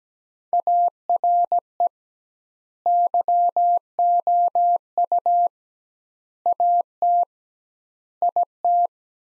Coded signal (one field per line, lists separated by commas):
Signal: Morse code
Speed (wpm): 17 wpm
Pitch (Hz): 700 Hz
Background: none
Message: ARE YOU AT IT